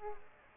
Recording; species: mosquito wingbeat signal from an infrared sensor; Aedes aegypti